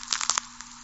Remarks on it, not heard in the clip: Knee Cracking. A cracking knee isn't particularly pleasant, but it gets worse when you listen up close.